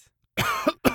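A sick adult man coughing: a short sequence of two to three harsh coughs after a brief silence.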